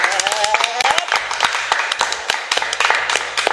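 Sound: applause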